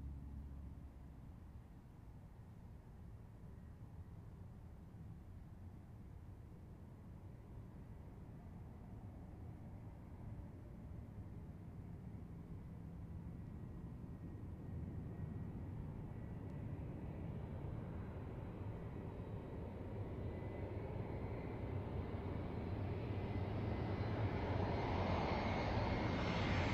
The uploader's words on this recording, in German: September, 13:24 CET. Flughafen Kloten. Im Minutentakt fliegen sie an. Auf die Piste 14.